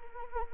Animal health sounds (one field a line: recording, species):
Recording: mosquito wingbeat signal from an infrared sensor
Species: Anopheles arabiensis